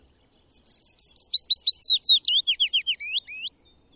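Bird singing a rapid, high-pitched phrase of repeated slurred notes, the later notes falling lower in pitch before stopping after about three seconds.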